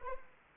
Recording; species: mosquito wingbeat signal from an infrared sensor; Anopheles arabiensis